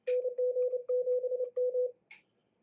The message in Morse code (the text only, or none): NG7M